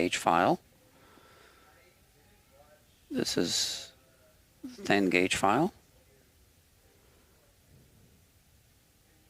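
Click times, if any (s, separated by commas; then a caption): none. A 10 gauge diamond nut file is handled as it is about to be slid into its handle, and nothing has seated or clicked yet. Someone talks in three short bursts over quiet background noise, with no distinct hits.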